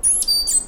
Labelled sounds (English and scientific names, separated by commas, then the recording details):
Stitchbird (Notiomystis cincta) song
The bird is a male
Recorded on Tiritiri Matangi Island, New Zealand, in 2005
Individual 1, of nest box 1